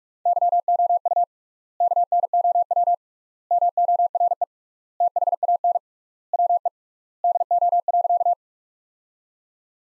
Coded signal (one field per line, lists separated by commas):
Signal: Morse code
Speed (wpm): 43 wpm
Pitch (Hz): 700 Hz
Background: none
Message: YOU KNOW MORE THAN WE DO.